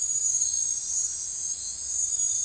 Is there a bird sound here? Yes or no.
no